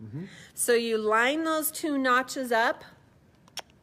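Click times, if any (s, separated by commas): 3.6 s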